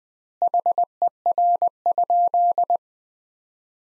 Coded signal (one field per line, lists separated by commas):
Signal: Morse code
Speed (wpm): 20 wpm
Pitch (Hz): 700 Hz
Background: none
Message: HER?